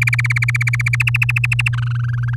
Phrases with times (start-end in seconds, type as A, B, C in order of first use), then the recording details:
0.01-0.96 A, 1.00-1.69 B, 1.73-2.35 C. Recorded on 11 May 2018 at 06:08. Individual llb16